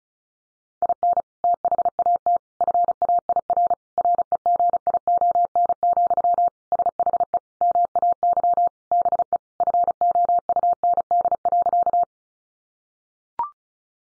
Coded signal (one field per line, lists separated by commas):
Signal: Morse code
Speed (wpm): 34 wpm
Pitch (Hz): 700 Hz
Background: none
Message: IN THAT FAIR REGION, SHE MAY BE FOUND.